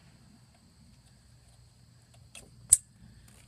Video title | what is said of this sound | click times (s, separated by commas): Changing Power Steering Sensor 2004 Dodge Durango | and I heard it clicks I know that it's on and | 2.7 s